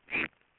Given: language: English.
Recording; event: throat vibration sensor signal played as sound; swallow